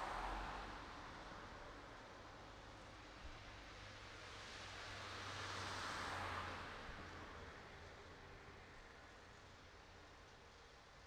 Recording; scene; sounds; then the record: everyday scene through a hearing-aid microphone; in traffic; traffic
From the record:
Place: city secondary road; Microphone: in the ear canal, right